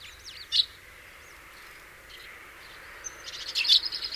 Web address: SETE Passer domesticus